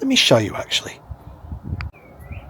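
Someone talks, then a plastic cover is slid up onto its mount in the engine bay of a Mercedes SLK200 R172 after an oil and filter change and given an extra firm push. A single sharp click at 1.8 s confirms it has seated into place.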